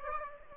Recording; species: mosquito wingbeat signal from an infrared sensor; Aedes aegypti